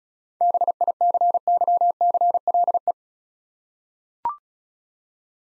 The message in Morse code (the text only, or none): BICYCLE